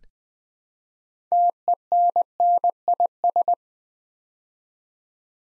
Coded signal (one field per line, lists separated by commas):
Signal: Morse code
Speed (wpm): 20 wpm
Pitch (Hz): 700 Hz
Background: none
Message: TENNIS